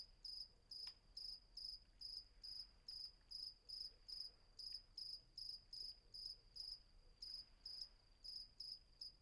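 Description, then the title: Cricket chirps, short high trilled bursts two or three per second, evenly spaced, with a steady thin high tone underneath and a calm background. Night atmosphere at Vagia, Patmos, Greece; recorded with Fostex FR-2 and MKH800 microphone. "Patmos, Vagia, Griechenland - Nachtsimmung 03, Grillen"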